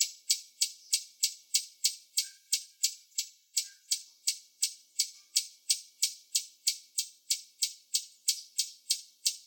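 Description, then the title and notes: Sapphire-spangled emerald giving sharp, high, dry chips, repeated steadily about three times per second throughout, each clicking note bright and even. "Beija-flor-de-peito-azul (Amazilia lactea) Sapphire-spangled Emerald Hummingbird"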